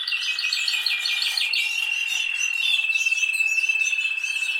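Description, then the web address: Canary giving rapid chirps that settle into a long, even, high rolling trill. "Golchin Best Canari Seda Canari. Niyaz Music)"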